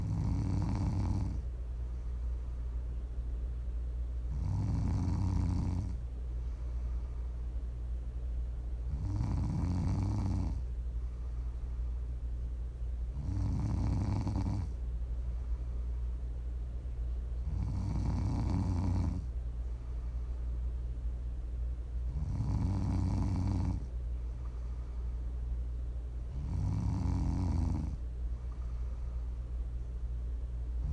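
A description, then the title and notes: A person snores in deep, rhythmic cycles, each rasping inhale lasting about a second and recurring roughly every four to five seconds. Quieter exhales fill the gaps, all over a steady low rumble, even in loudness throughout. ASMR Snoring.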